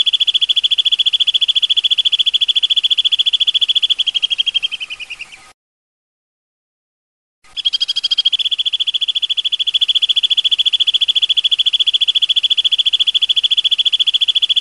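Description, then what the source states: Bird song: a rapid, steady, high pulsed trill that falls and fades, a two-second gap, then the same fast trill resumes and carries on. Bird ringtone, described as a bird with a melodious voice.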